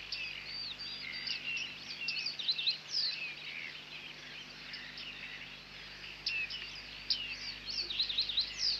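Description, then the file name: Bearded reedling calls: dense chattering of high pinging notes in two bursts with a quieter stretch between. "Bearded Tit (Panurus biarmicus)"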